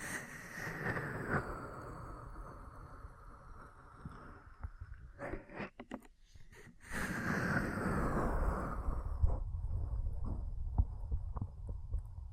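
Ear cleaning and massage sounds fill the clip with dense, rumbling rubbing and scratching, steady low thuds underneath. Around five to seven seconds it breaks into quick crackling bursts with brief near-silences, then the heavier rubbing returns, dotted with sharp taps near nine and eleven seconds.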